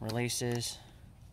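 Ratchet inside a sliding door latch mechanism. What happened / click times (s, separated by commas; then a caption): No seating click yet; the part has not engaged / none. Someone talks while handling the ratchet inside a removed sliding door latch mechanism from a 2005–2010 Honda Odyssey, which is being closed by hand toward its engaged position. Only speech is heard, and the ratchet has not yet seated or clicked.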